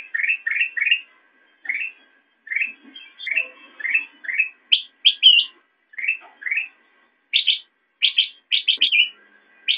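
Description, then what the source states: Sooty-headed bulbul: repeated upslurred chirps in groups of two or three, later higher, sharper notes in quick clusters. Intended as masteran, training audio for songbirds.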